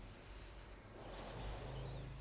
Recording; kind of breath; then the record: one breath in and out by a microphone near the nose and mouth; deep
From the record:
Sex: female